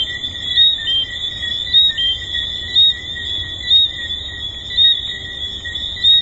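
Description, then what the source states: Tree frogs calling: brief upswept whistles repeated about once a second above an unbroken shrill chorus and faint low background noise. Recorded at the Hedonism II resort.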